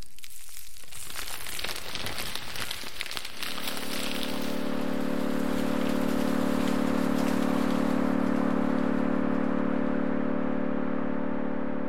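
A generative ambient piece opens with dense, grainy crackling like crumpled paper or salt. Around three and a half seconds a sustained low chord fades in and holds steady, layered under the continuing fine hiss and crackle until the end.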